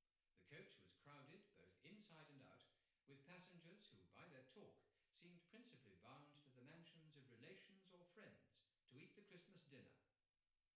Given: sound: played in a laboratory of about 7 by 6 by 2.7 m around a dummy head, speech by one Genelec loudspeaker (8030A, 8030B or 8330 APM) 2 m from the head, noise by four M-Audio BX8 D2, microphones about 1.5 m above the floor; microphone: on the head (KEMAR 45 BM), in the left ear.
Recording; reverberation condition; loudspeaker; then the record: male speech in English; medium; 30 degrees to the right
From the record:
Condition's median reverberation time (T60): about 510 ms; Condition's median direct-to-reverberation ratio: about -0.5 dB